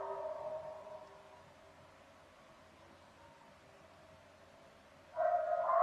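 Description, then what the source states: Coyote howls: a howl fades out in the first second, then after a quiet pause a louder howl breaks in near the end. Several coyotes, recorded 5 November 2015.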